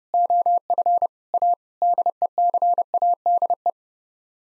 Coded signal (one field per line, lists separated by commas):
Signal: Morse code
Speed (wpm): 32 wpm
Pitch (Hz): 700 Hz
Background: none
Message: OF A DECADE